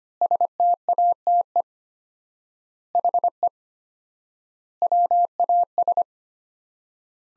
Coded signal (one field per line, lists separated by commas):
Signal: Morse code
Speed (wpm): 25 wpm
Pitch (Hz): 700 Hz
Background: none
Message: STATE HE WAS